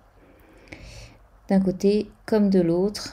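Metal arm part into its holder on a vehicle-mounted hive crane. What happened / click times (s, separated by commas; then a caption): The metal arm part clipped into its holder / 0.7 s. A metal arm part of an Easyloader hive crane mounted on a vehicle is slid in and turned the other way into its holder while the crane is stowed for transhumance. A faint click lands at 0.7 s and the part clips into place, then someone talks from about 1.5 s to the end.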